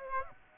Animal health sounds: mosquito wingbeat signal from an infrared sensor; Aedes aegypti

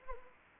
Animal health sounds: mosquito wingbeat signal from an infrared sensor; Anopheles arabiensis

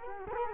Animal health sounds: mosquito wingbeat signal from an infrared sensor; Culex quinquefasciatus

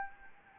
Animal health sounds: mosquito wingbeat signal from an infrared sensor; Anopheles gambiae

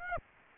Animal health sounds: mosquito wingbeat signal from an infrared sensor; Aedes aegypti

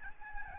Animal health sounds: mosquito wingbeat signal from an infrared sensor; Aedes albopictus

